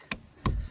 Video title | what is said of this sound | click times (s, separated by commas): Hyundai i30 rear door window switch and rear door glass window motor replacement process. | so just gonna put this connector back. Hear the click. | 0.1 s, 0.5 s